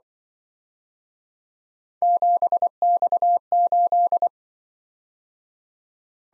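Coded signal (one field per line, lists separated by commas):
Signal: Morse code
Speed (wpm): 24 wpm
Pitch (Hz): 700 Hz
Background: none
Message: 7X8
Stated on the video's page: Morse practice of three letter-number combinations, speed-racing format: starts fast, slows to a 20 wpm base, fastest 1.5 times slowest, final repeat at maximum speed.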